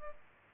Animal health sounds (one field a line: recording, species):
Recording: mosquito wingbeat signal from an infrared sensor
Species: Culex pipiens